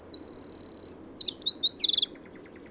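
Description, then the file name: Eurasian wren song, a loud high sustained trill followed by rapid sharp twittering notes and a fast buzzy rattle, all very high-pitched and energetic. "Troglodytes troglodytes"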